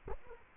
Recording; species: mosquito wingbeat signal from an infrared sensor; Culex quinquefasciatus